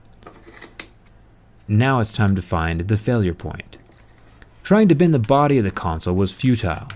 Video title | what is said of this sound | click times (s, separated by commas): Nintendo Switch Durability Test Will it survive | I do love how securely and satisfyingly these controllers click into place. | 0.8 s